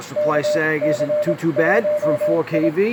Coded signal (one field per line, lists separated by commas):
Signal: Morse code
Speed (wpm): 24 wpm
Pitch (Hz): 600 Hz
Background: speech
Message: KC1I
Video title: 15m CW prove out. Peak meter readings.